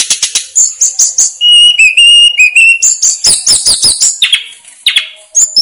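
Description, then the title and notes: Snowy-browed flycatcher song: high, rapid medley of thin whistles, chirps and short trills, with a steady whistled phrase in the middle. Masteran (training recording) of the bird known locally as tledekan gunung or sikatan gunung, used to teach songs to cage birds. "Masteran Tledekan Gunung Sikatan Gunung 1. BURUNG TLEDEKAN"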